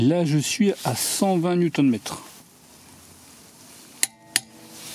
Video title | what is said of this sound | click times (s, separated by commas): LIDL clé à chocs 12V PARKSIDE PERFORMANCE 350 Nm brushless PPDSSA 12 A1 VS MILWAUKEE M12 FIWF12-0 | Ça a claqué immédiatement, on était sur plus de 120 Nm. | 4.0 s, 4.4 s